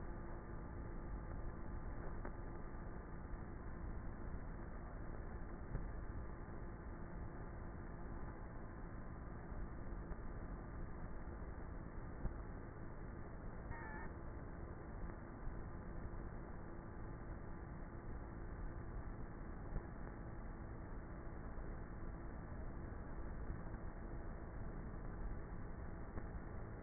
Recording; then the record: honeybee colony, microphone inside the hive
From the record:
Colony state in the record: queenless with a low population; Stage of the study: before two queens were removed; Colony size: about 30,000 bees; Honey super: no